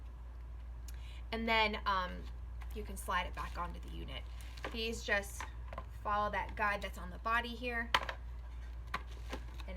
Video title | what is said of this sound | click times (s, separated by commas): How to CLEAN and Maintain your Miele TriFlex HX1 vacuum (down & dirty) | it goes down again you're gonna have a good satisfying snap | 8.9 s